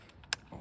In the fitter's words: jacked up but yeah here we are i'm snapped in all the way i can go back to concealment appendix carry